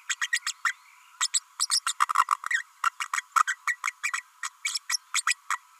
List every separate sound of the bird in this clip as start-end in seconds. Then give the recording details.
0.09-0.15, 0.21-0.27, 0.32-0.39, 0.46-0.53, 0.64-0.73, 1.20-1.28, 1.33-1.39, 1.59-1.67, 1.71-1.80, 1.86-1.93, 2.00-2.05, 2.17-2.25, 2.50-2.63, 2.83-2.90, 3.00-3.07, 3.13-3.21, 3.35-3.43, 3.47-3.56, 3.67-3.77, 3.87-3.92, 4.03-4.13, 4.43-4.49, 4.64-4.78, 4.89-4.98, 5.14-5.22, 5.27-5.35, 5.50-5.58. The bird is a female. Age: 32 days. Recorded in a nest box in Venezuela. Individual 17B32A5